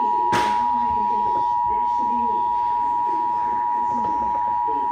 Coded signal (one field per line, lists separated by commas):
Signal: Emergency Alert System (SAME) tones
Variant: 853 and 960 Hz attention tone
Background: speech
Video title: EAS #19 Flash Flood Warning